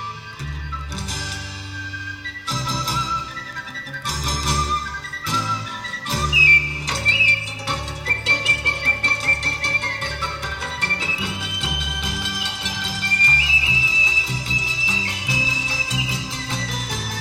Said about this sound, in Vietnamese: Đến ven đồi, bỗng cô nghe có tiếng sáo véo von, lúc trầm lúc bổng văng vẳng bên tai. Cô ngạc nhiên quá, ngồi xuống phiến đá ven đường, chăm chú lắng nghe.